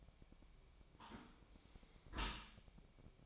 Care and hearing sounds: daily activity, microphone in the room; close dishwasher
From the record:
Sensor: 1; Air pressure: 1003.1 hPa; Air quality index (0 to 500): 196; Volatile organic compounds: 6 ppm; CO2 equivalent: 1878 ppm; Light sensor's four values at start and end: 28/70/30/36 and 28/70/30/36

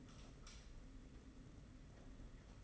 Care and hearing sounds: daily activity, microphone in the room; light on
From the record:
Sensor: 4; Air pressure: 992.7 hPa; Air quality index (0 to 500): 172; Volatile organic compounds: 286 ppm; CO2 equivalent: 4449 ppm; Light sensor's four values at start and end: 4/8/3/3 and 5/10/4/4

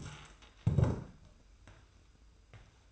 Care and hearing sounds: daily activity, microphone in the room; stand up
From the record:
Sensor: 2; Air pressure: 990.3 hPa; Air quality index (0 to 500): 179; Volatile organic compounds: 1000 ppm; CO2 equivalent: 5671 ppm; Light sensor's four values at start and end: 31/73/30/30 and 32/73/30/30

